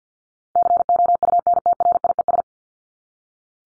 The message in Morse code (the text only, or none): COUNTRIES